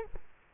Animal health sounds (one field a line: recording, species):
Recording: mosquito wingbeat signal from an infrared sensor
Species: Culex quinquefasciatus